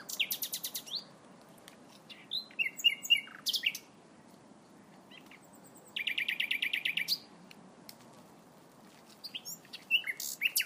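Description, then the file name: Common nightingale singing varied phrases: fast repeated notes, whistles and rattling trills in bursts with brief pauses, steady hiss underneath. "nachtegaal"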